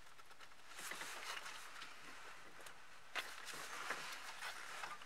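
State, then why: Not seated. A wiring harness plug is handled and fitted toward the back of a radio head unit during a car radio install in a 2006 Chrysler Sebring. Soft rustling and scraping handling noises fill the clip, with a few brief knocks near 3.2 and 3.9 seconds. The connector has not seated or clicked into the radio yet.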